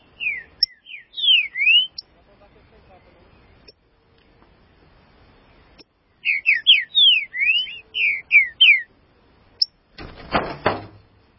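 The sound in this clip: Green-winged saltator song: two bursts of rich, slurred whistles rising and falling, separated by a pause of about four seconds, ending with a short rustling noise.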